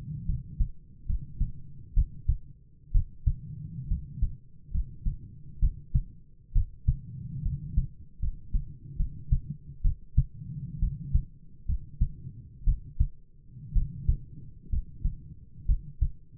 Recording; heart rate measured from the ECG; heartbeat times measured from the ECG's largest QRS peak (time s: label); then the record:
heart sounds by stethoscope; 66 bpm
0.25 s: heartbeat
1.06 s: heartbeat
1.93 s: heartbeat
2.91 s: heartbeat
3.87 s: heartbeat
4.71 s: heartbeat
5.59 s: heartbeat
6.52 s: heartbeat
7.42 s: heartbeat
8.19 s: heartbeat
8.96 s: heartbeat
9.81 s: heartbeat
10.79 s: heartbeat
11.65 s: heartbeat
12.64 s: heartbeat
13.72 s: heartbeat
14.69 s: heartbeat
15.65 s: heartbeat
From the record:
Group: healthy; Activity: rest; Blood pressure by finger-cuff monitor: 107/59 mmHg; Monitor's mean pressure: 69 mmHg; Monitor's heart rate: 66 bpm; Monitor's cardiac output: 7.6 L/min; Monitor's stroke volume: 112 mL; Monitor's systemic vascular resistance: 640 dyn s/cm5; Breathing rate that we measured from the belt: 17 breaths a minute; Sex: male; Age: 22 years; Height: 185 cm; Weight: 112.4 kg